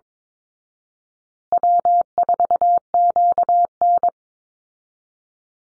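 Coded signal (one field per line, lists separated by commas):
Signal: Morse code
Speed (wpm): 22 wpm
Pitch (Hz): 700 Hz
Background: none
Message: W4QN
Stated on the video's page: Morse code callsign drill at 22 wpm for head-copy practice, each easy 1x2 or 2x1 callsign sent twice, spoken, then sent again.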